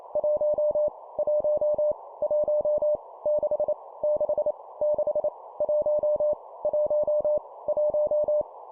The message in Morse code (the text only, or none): 1 1 1 6 6 6 1 1 1